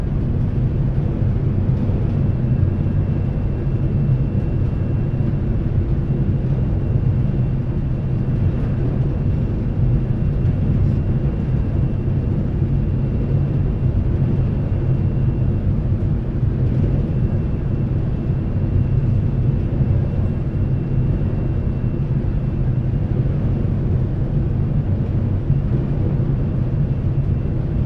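A steady, heavy rumble on the front car deck of the Seattle ferry as it crosses inbound, dense and low with little change over the half minute. A faint thin whine holds on above it, and occasional soft knocks and clunks surface at irregular moments.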